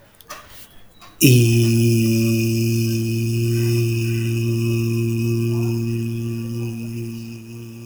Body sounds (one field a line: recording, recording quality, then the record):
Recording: sustained vowel as in beet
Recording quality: excellent, no background noise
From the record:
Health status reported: healthy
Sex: male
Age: 37 years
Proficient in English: yes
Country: India